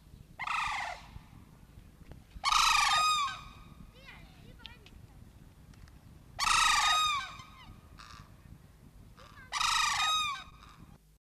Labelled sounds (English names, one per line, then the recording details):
Sarus Crane duetting
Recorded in captivity
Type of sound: duetting
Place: Zoo Dortmund, DE
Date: 1971-08-19
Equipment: Halbspur, 9,5 cm/s
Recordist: Lütgens, Hans
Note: Duett mit Kranich. Zoo Dortmund